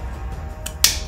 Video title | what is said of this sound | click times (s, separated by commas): KITT [4]: Aufbau des Dashboards [#fanhome] | the other way around, that works, with a little finesse, and then it snaps into place. | 0.8 s